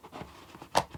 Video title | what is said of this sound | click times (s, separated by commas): Nikon Z6 III - Beginners Guide - Set-up, Menus, and How-To Use Camera | like so and then we twist and it locks into place and you heard that click | 0.8 s